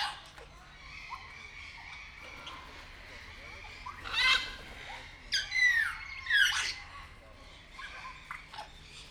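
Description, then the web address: Grey parrot squawks: harsh bursts around four seconds, then a run of descending whistled notes and another squawk, over steady background noise. Recorded at Nyíregyháza Zoo, Hungary, in 2019. "allathangok nyiregyhazizoo 2019 professzionalis jako papagaj hosszabban nyiregyhaza"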